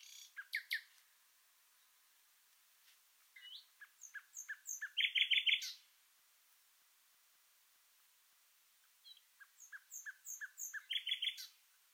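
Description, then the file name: Common nightingale song: phrases of sharp chirps and clicks, a loud rapid trill near the middle, then a pause and another varied phrase ending in quick repeated notes. "Luscinia megarhynchos"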